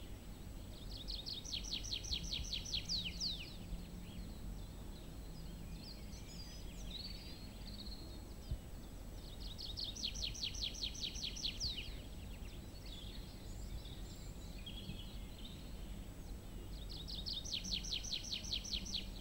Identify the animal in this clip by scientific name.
Anthus trivialis